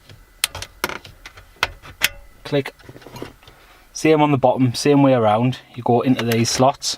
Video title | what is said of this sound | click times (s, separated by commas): Removing Sat Nav Unit from MK2 Focus RS - 9M5T-18K931-CC | it's gonna click when it gets to where it needs to be click | 0.4 s